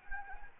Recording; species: mosquito wingbeat signal from an infrared sensor; Anopheles arabiensis